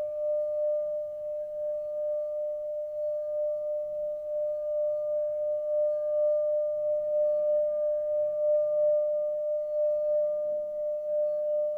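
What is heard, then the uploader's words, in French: A Tibetan singing bowl rings with one steady, pure tone that holds for the whole twelve seconds, with a fainter higher overtone above it. The loudness stays nearly even, with only a slight slow wavering. Soft low rumble sits underneath throughout. Le bol tibétain. Le bol chantant émet des fréquences sonores.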